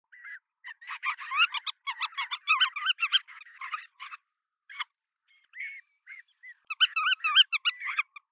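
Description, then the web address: Black-tailed Godwit giving rapid bursts of sharp repeated notes, with short pauses between the bursts. "oguroshigi"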